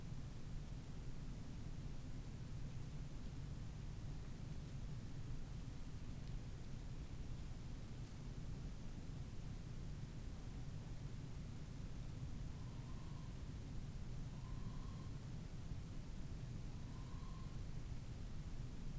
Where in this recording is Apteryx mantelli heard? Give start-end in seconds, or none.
none